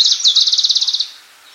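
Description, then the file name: Icterine warbler: a short, high, evenly pulsed trill of about one second that fades away. "peresmeshka zelenaja"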